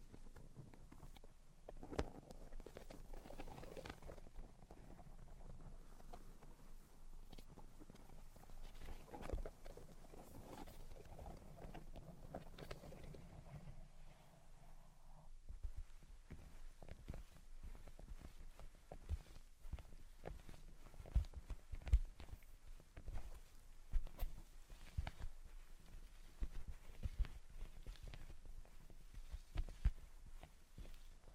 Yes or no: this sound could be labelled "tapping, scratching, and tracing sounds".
yes